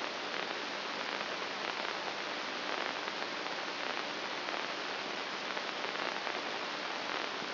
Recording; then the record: brain microelectrode recording played as sound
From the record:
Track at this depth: outside the subthalamic nucleus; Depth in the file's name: 2.337 mm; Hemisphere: left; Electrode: 2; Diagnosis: Parkinson's disease